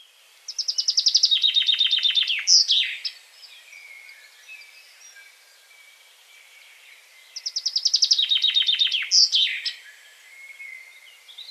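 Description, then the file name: Common chaffinch singing two full phrases several seconds apart, each a series of bright notes falling in pitch and ending in a sharp flourish. "Fringilla coelebs"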